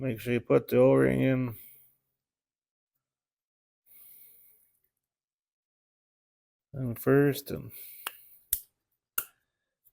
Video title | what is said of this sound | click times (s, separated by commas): BRAND NEW Remington Self Propelled Push Mower Won't Start | make sure it clicks into place has a nice good seal | 8.5 s, 9.2 s